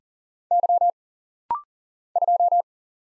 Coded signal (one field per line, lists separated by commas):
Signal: Morse code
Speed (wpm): 40 wpm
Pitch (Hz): 700 Hz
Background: none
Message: Y 2